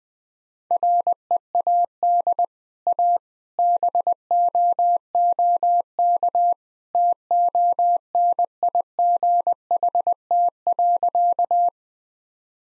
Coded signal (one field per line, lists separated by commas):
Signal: Morse code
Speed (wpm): 20 wpm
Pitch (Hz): 700 Hz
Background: none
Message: READ A BOOK TONIGHT.